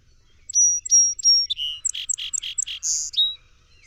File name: Song Sparrow